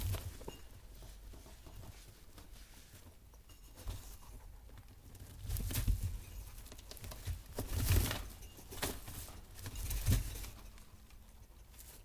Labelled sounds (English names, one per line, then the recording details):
European Rabbit
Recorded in captivity
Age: adult
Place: Zepernick, Barnim, Brandenburg, DE
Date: 2004-11-13 12:10
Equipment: Tascam DA-P1, Sennheiser MKH 40
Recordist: Frommolt, Karl-Heinz